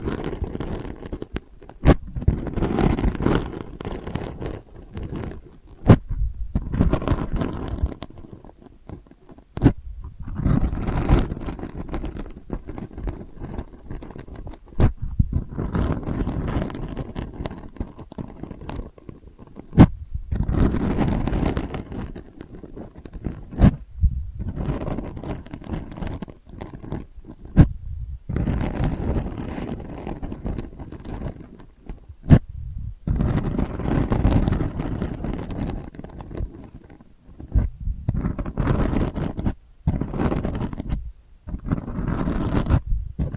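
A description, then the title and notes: Delicate scratching runs in short bursts and strokes, each lasting a second or two, separated by brief silent gaps throughout. The strokes are rough and gritty, heaviest in the low range with a thin bright hiss on top, at an irregular, unhurried pace. ASMR Delicate Scratching for Sleep (No Talking).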